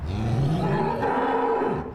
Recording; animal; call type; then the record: contact call of a hoofed animal; cattle; low-frequency (closed-mouth) or high-frequency (open-mouth) call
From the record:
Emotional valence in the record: positive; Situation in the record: visual reunion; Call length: 1.95 s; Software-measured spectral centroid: 1140 Hz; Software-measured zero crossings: 1080 a second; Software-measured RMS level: -24 dBFS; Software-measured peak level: -13 dBFS